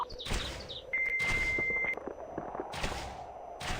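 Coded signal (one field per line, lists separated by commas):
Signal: dial-up modem handshake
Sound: a one-second steady high answer tone between bursts of harsh broadband modem hiss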